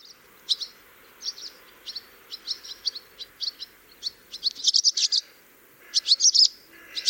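Swallow twittering: short, high chirps scattered irregularly, clustering into quicker bursts near the end, over a steady low hum.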